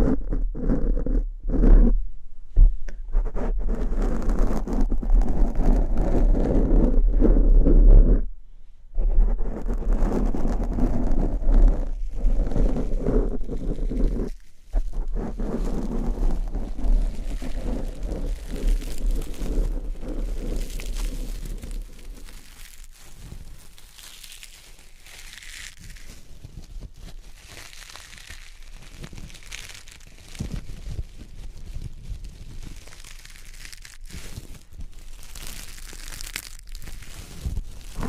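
Crunchy slime squished in dense, crackly bursts with brief silent gaps, turning softer and thinner after about twenty seconds with scattered scratchy clicks.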